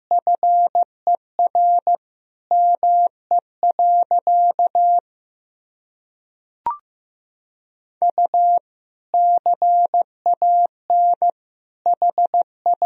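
Morse code is tapped out as a single steady tone, a clean mid-pitched beep switching on and off in short dots and longer dashes, grouped into words. Near the middle there is a pause of about three seconds, broken by one brief click before the beeps resume.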